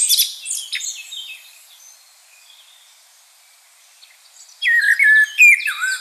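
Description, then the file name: Common blackbird song: a burst of high scratchy twitters opens, fading to near silence, then loud fluty warbled phrases with sliding notes return near the end. "Turdus merula"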